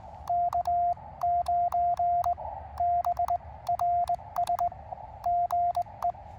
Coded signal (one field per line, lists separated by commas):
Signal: Morse code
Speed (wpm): 19 wpm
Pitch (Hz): 700 Hz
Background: radio noise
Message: K9BRS GE